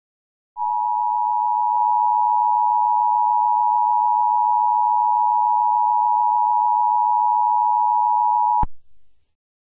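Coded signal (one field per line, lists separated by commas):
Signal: Emergency Alert System (SAME) tones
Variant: 853 and 960 Hz attention tone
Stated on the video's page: Fictional EAS scenario.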